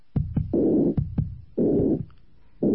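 Adult heart through a stethoscope: an aortic stenosis murmur, a harsh, rough, constant noise filling the gap between the first and second heart sounds, recurring with each beat.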